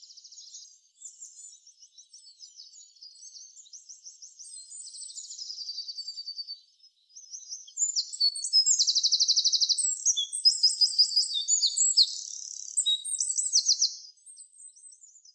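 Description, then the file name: Eurasian wren song, a fainter tinkling start building into loud, fast rattling trills and shrill twitters in the second half. "Troglodytes troglodytes"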